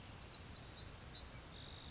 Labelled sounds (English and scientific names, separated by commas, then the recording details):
Grasshopper Sparrow (Ammodramus savannarum)
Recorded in Sonoma County, California